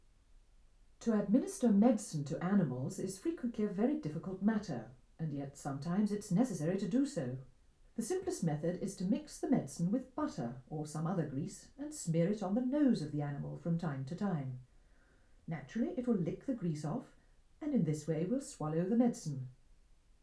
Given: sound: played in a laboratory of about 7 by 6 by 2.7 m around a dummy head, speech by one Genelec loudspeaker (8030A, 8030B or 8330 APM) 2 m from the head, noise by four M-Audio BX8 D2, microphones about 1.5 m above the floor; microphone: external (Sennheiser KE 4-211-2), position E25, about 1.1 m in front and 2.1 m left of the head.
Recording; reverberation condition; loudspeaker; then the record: female speech in English; low; 30 degrees to the left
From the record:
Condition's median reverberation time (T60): about 310 ms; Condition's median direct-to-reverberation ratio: about 3.5 dB